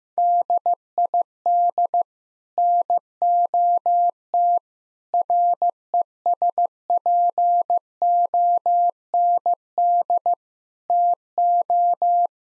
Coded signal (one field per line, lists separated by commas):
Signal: Morse code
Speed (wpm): 16 wpm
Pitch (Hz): 700 Hz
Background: none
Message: DID NOT RESPOND TO